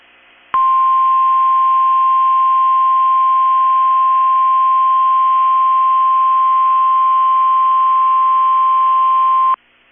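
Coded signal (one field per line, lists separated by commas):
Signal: Emergency Alert System (SAME) tones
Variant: 1050 Hz attention tone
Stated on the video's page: Required weekly test from a NOAA weather radio station.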